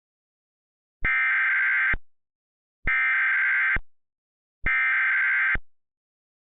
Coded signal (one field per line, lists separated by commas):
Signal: Emergency Alert System (SAME) tones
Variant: header bursts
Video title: EAS Recreation Mock: Portland Tornado Warning